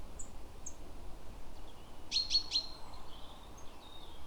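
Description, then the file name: Great tit giving one quick run of three sharp high notes midway, with a few faint thin notes and low background hiss. "Parus major"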